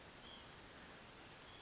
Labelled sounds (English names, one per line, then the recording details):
White-breasted Nuthatch
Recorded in Sonoma County, California